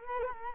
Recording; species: mosquito wingbeat signal from an infrared sensor; Culex quinquefasciatus